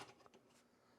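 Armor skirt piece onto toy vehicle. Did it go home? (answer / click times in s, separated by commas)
yes / 0.3 s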